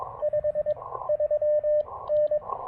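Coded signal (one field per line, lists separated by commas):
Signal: Morse code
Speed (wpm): 22 wpm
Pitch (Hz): 600 Hz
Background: none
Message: 53N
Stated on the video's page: QRP CW Parks on the Air activation with an Elecraft KX2 and an end-fed half-wave antenna under uncertain propagation.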